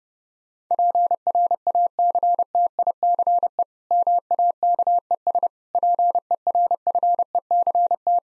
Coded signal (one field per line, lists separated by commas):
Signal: Morse code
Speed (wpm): 32 wpm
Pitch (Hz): 700 Hz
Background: none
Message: PRACTICE MAKES PERFECT